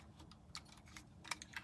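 Plastic panel pegs of a Transformers Age of the Primes Heatwave robot toy are handled as the part is pegged into the toy's fire truck body during its transformation into the fire truck. Light, dry plastic taps and rattles are heard, with the sharpest tap at about 1.3 s. Nothing has seated or clicked yet; the part is not home when the clip ends.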